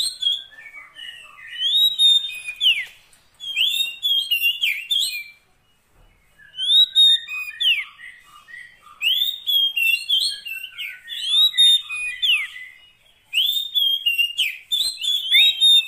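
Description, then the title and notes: Oriental magpie-robin singing long whistled phrases with swooping slurs and soft lower notes, in several bursts separated by short pauses. Long-duration fill-in (isian) recording of a kacer, meant to make the bird sing persistently day and night. "Kacer Jadi Gacor Siang Malam. Isian Kacer Durasi Panjang"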